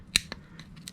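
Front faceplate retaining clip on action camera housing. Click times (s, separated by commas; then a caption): 0.2 s. A pry tool is worked around the front faceplate of a GoPro 8 action camera housing, rotating and levering against it. A loud, sharp click at 0.2 s is the faceplate retaining clip releasing, and fainter ticks and scrapes follow at about 0.3, 0.6 and 0.9 s.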